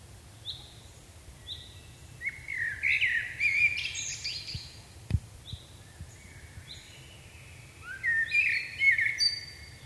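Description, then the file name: Common blackbird song, fluty warbled phrases with high squeaky tails over a hissing background, plus a sharp click in the middle. "Turdus merula"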